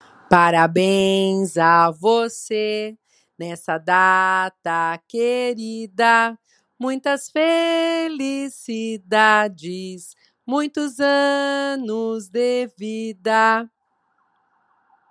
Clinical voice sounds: short text; Brazilian Portuguese; female; 50 to 59 years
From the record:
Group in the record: control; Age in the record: 57 years

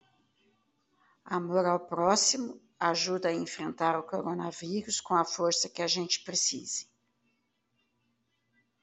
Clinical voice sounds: spoken sentence; Brazilian Portuguese; female; 50 to 59 years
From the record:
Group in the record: control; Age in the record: 55 years

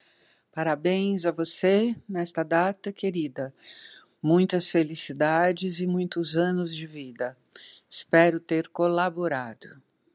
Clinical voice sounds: short text; Brazilian Portuguese; female; 70 to 79 years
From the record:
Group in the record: control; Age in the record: 72 years

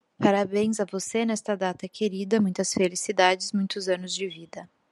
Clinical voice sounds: short text; Brazilian Portuguese; female; 20 to 29 years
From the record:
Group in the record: control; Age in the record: 25 years

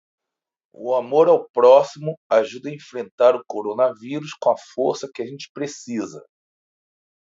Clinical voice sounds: spoken sentence; Brazilian Portuguese; male; 50 to 59 years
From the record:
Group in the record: control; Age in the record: 51 years

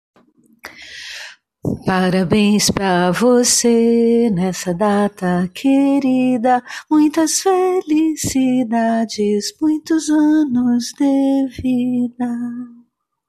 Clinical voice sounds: short text; Brazilian Portuguese; female; 50 to 59 years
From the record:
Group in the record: control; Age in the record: 59 years

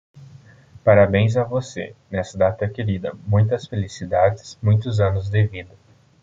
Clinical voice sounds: short text; Brazilian Portuguese; male; 20 to 29 years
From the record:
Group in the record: control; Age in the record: 23 years

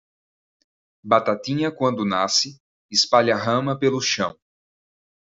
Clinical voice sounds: short text; Brazilian Portuguese; male; 20 to 29 years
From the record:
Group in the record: control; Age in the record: 26 years

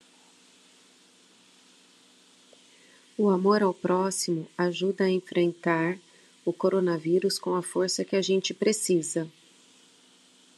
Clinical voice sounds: spoken sentence; Brazilian Portuguese; female; 40 to 49 years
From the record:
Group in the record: control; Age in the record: 48 years

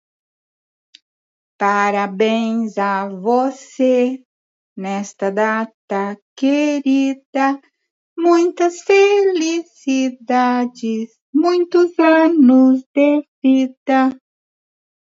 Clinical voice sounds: short text; Brazilian Portuguese; female; 60 to 69 years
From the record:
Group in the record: control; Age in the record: 66 years

